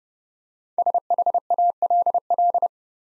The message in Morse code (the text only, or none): SHALL